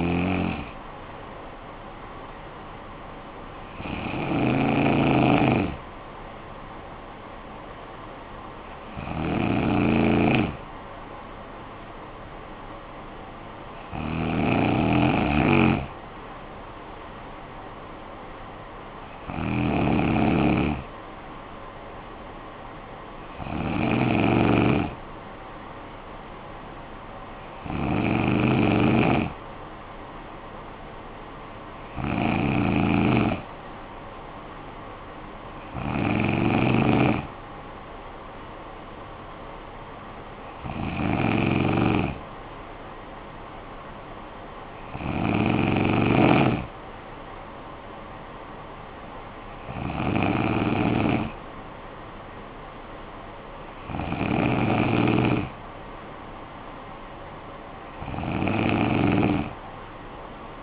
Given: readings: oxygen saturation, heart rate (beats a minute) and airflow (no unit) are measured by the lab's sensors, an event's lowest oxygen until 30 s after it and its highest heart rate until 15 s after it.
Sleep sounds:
breathing in sleep by a voice recorder at the bedside; none
none scored
From the record:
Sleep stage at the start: N2 (light sleep); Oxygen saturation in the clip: 93 to 94%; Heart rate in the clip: 55 to 62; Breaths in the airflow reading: 14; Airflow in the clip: -10.9 to 6.8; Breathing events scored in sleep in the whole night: 445 in 7.6 hours asleep

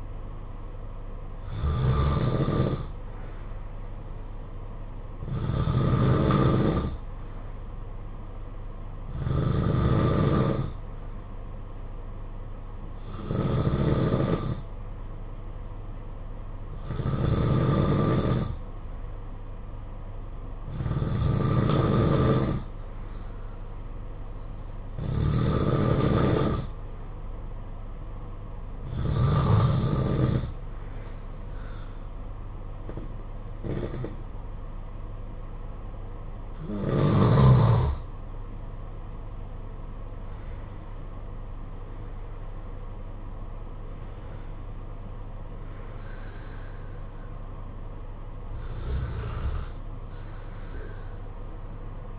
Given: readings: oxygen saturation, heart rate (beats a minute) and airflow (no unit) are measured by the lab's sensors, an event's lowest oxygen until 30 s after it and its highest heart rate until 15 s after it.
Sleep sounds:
breathing in sleep by a smartphone at the bedside; 1
17.00-40.00 s: hypopnea (N2, oxygen 93% highest, then 92% lowest, heart rate 54 at the start, 59 highest)
From the record:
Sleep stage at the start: N2 (light sleep); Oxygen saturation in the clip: 92 to 93%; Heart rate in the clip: 53 to 59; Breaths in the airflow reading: 12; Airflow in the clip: -11.4 to 9.4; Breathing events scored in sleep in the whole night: 476 in 9.7 hours asleep

